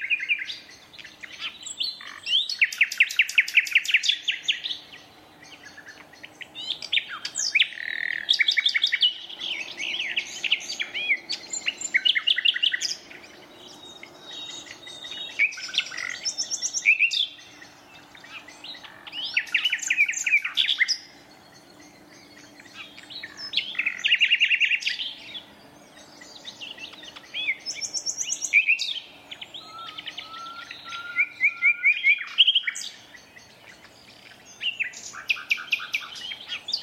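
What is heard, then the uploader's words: A nightingale sings in bursts of rich, varied phrases, rapid rattles and clear whistles, each lasting a few seconds with short pauses between. A low, steady mechanical drone hums faintly underneath throughout, like farm machinery. We’re tucked deep in the folds of the north Dorset countryside. As the light fades the dusk chorus rises. In a dense thicket of thorn, a single nightingale starts to sing - drowning out the tractor mowing the year’s first silage. Recorded by Robert Ashington. Nightingale duet in a Dorset woodland.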